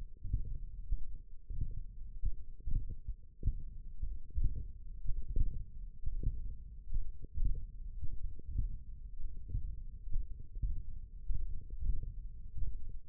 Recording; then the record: forearm muscle sounds (acoustic myography)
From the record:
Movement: index flexion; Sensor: system 1, eight BSWA MPA416 microphones around the upper forearm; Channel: 3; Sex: male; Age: 23 years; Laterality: right